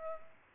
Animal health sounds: mosquito wingbeat signal from an infrared sensor; Culex pipiens

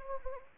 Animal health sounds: mosquito wingbeat signal from an infrared sensor; Anopheles arabiensis

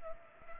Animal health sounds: mosquito wingbeat signal from an infrared sensor; Culex pipiens

